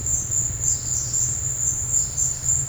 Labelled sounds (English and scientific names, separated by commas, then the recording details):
none
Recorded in dense forest near Puerto Asís, Putumayo, Colombia, on 26 December 2024 at 14:00
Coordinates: 0.468, -76.322
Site G071